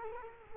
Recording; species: mosquito wingbeat signal from an infrared sensor; Culex quinquefasciatus